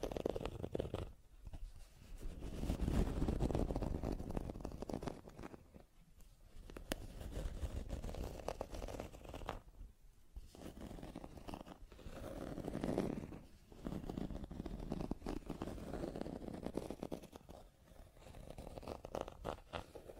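Scratching and tracing sounds rasp along in long, uneven strokes, swelling and fading every few seconds with brief quiet gaps near 6 and 10 seconds. The scraping is rough and fairly dense, mostly low to middle in pitch, with sharp ticks scattered throughout.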